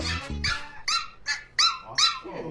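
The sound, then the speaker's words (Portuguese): A small pinscher barks in a quick run of about six sharp, high-pitched yaps, loud, with no voices over it. “É, o Pincher.”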